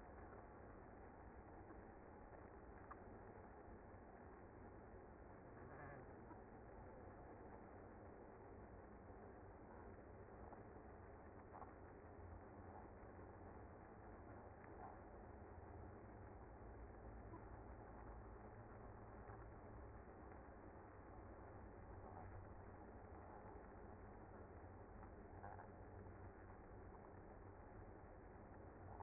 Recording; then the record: honeybee colony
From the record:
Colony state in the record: active